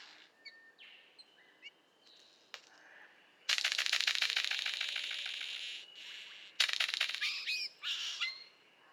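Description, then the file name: Golden bowerbird short thin notes lead into a long loud grating rattle of rapid pulses, then a second rattle and a few slurred chattering notes. "Prionodura Newtoniana"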